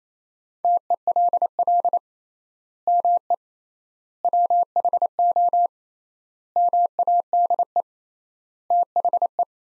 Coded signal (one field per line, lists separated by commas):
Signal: Morse code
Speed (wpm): 28 wpm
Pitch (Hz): 700 Hz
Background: none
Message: TELL ME WHO MADE THE